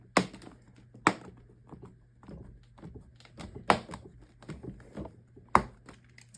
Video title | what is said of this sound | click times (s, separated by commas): ThinkPad T15 Gen 1 Thermal Paste Replacement | so this just clicks back in all the way around | 0.2 s, 1.1 s, 3.7 s, 5.6 s